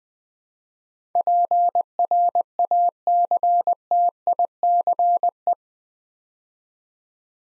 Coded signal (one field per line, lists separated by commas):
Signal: Morse code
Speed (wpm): 20 wpm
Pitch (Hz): 700 Hz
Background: none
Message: PRACTICE